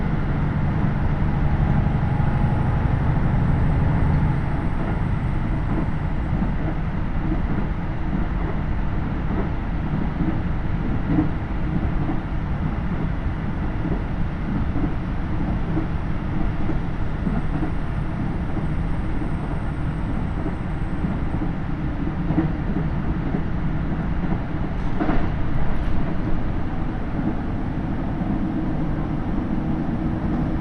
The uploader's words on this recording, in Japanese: 高山本線 岐阜→美濃太田（キハ75）。車両はキハ75系で快速みえ号にも使われています。